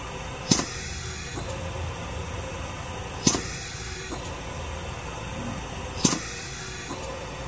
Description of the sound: Hospital Ventilator Compressor Air Release.